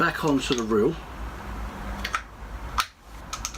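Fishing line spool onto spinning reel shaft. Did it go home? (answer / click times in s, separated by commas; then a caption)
yes / 3.4 s. Someone talks, then pushes a line-filled spool back onto the shaft of a spinning reel, producing a series of short, sharp clicks and knocks between about 2.1 and 3.6 s. The spool snaps into place, seated, at about 3.5 s.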